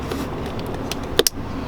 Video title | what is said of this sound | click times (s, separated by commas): how to change oil on a 2018 International 4300 | you hear that click give it a little tug test it's not going nowhere | 1.2 s, 1.3 s